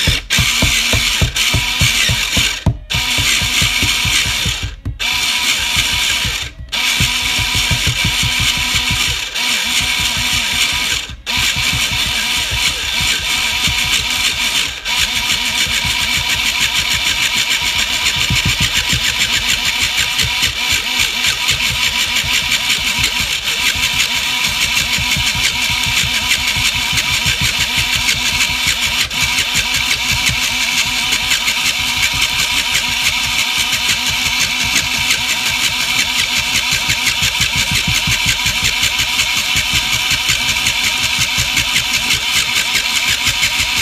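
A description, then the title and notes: Harsh, dense noise roars steadily throughout, with brief dropouts cutting it in the first fifteen seconds and an engine-like low rumble underneath. Noises and harsher noises.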